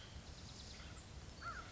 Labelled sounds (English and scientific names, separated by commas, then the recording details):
American Crow (Corvus brachyrhynchos)
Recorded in Sonoma County, California